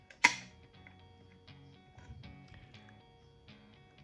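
A plastic landing-gear panel is test-fitted into the hull of a Millennium Falcon model spaceship kit to check that it fits correctly. A sharp tap at 0.3 s is followed by faint, scattered small clicks and handling noises. The panel snaps into place and is seated correctly.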